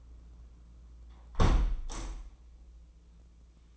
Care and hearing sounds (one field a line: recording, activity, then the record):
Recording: daily activity, microphone in the room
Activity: close window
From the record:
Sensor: 1